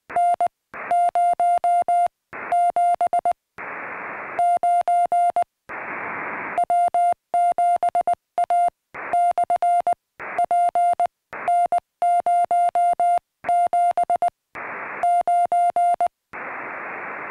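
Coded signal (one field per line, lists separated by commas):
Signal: Morse code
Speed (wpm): 19 wpm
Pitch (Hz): 700 Hz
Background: music, radio noise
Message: N079 W7A/PN079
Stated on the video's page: CW contacts during a Summits on the Air activation on a summit, worked with ham radio.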